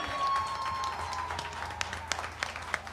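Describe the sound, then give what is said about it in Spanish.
A crowd applauds a guest attending the evening's event at the host's request, a steady, dense wash of many hands clapping, with a few sharper individual claps standing out toward the end as the applause thins slightly. “Quiero pedirle un aplauso”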